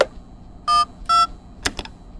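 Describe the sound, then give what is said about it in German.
After the telephone handset is lifted, an internal number is dialed on a keypad: two short, steady electronic beeps in quick succession, followed by a couple of sharp, brief clicks, with no voices. “Kurz entschlossen hob sie den Telefonhörer ab und wählte eine interne Nummer.”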